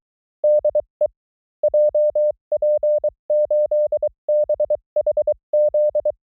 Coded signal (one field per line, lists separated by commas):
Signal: Morse code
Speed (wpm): 24 wpm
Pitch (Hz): 600 Hz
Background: none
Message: DE JP8BHZ